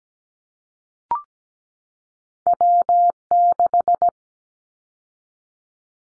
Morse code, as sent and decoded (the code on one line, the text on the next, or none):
.-- -....
W6